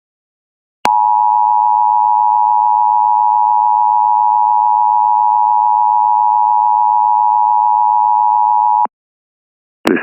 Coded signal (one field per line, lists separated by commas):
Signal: Emergency Alert System (SAME) tones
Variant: 853 and 960 Hz attention tone